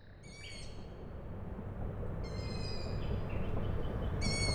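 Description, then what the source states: Owl chick calls: high, squeaky harmonic calls repeated a few times over a steady low industrial hum. Owl chicks calling at night, Tuesday 21 May 2019, Michałkowice, Siemianowice Śląskie, Poland; industrial plant in background; recorded with Zoom H5 and Audio-Technica BP4025.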